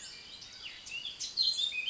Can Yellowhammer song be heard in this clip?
no